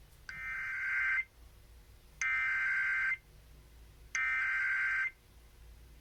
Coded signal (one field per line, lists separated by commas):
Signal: Emergency Alert System (SAME) tones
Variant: header bursts